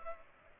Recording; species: mosquito wingbeat signal from an infrared sensor; Culex pipiens